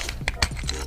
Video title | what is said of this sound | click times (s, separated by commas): Schnail Rugged Case For Galaxy S21 Ultra! | When you pull it open, you slide it all the way back and it locks into place, all right? | 0.3 s